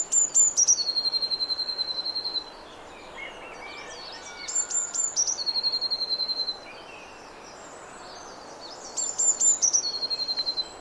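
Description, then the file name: Eurasian blue tit song, three phrases, each opening with high thin notes and running into a quick, lower, steady trill, separated by short pauses. "Cyanistes caeruleus"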